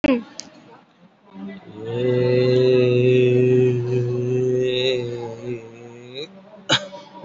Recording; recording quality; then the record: sustained vowel as in made; moderate, slight background noise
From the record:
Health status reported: COVID-19 positive, moderate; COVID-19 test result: positive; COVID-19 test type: RT-PCR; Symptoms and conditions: cough, cold, breathing difficulty, sore throat, fever, fatigue, muscle pain, loss of smell and taste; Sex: male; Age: 32 years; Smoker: no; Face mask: worn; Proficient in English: yes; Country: India